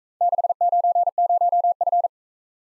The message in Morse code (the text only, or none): 690F